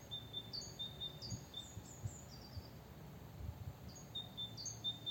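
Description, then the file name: Great tit calls: thin high whistled notes on a steady pitch alternating with short downslurred chirps, given in brief bursts over a faint low rumble. "Parus major"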